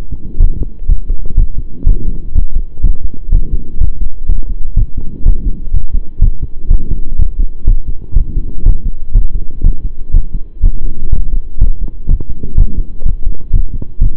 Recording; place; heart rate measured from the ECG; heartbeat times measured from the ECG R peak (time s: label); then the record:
heart sounds by stethoscope; between the tricuspid and mitral areas; 123 bpm
0.39 s: heartbeat
0.88 s: heartbeat
1.37 s: heartbeat
1.86 s: heartbeat
2.34 s: heartbeat
2.83 s: heartbeat
3.32 s: heartbeat
3.80 s: heartbeat
4.28 s: heartbeat
4.76 s: heartbeat
5.25 s: heartbeat
5.73 s: heartbeat
6.21 s: heartbeat
6.70 s: heartbeat
7.18 s: heartbeat
7.66 s: heartbeat
8.15 s: heartbeat
8.65 s: heartbeat
9.14 s: heartbeat
9.63 s: heartbeat
10.13 s: heartbeat
10.63 s: heartbeat
11.12 s: heartbeat
11.60 s: heartbeat
12.08 s: heartbeat
12.57 s: heartbeat
13.05 s: heartbeat
13.53 s: heartbeat
14.00 s: heartbeat
From the record:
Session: pedaling a stationary bicycle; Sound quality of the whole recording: saturated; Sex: male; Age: 23 years